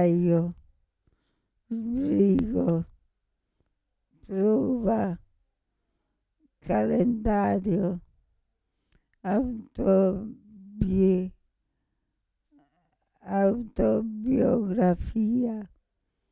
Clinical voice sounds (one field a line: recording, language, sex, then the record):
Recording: read list of words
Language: Italian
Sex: female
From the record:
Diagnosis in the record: Parkinson's disease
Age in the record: 65 years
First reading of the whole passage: 242 s, 2.1 characters per second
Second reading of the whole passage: 180 s, 2.9 characters per second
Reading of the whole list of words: 168 s, 1.7 characters per second